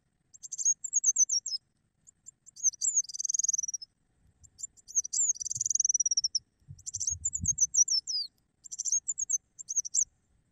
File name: suara burung madu polos